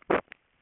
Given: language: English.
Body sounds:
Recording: throat vibration sensor signal played as sound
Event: swallow

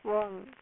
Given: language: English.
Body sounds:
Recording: throat vibration sensor signal played as sound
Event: speech

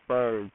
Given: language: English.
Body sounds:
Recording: throat vibration sensor signal played as sound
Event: speech

